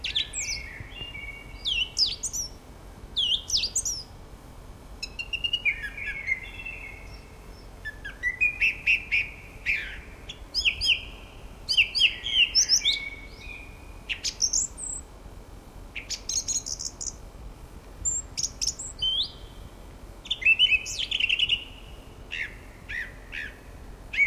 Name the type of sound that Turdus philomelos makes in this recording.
song